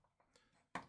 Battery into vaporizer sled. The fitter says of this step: And then you just push it into place like that. You'll hear it click. Now it's heating up.